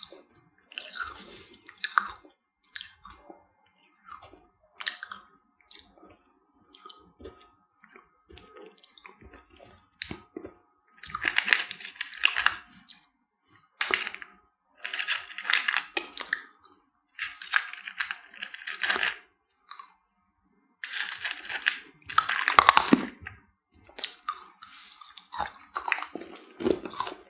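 Dry crunching and biting of hard sugar candies, in irregular bursts of crackly, bright crushing sounds separated by short silences. Denser, louder crunch clusters come around 11–19 seconds and again near 22–24 seconds, with faint wet mouth sounds between.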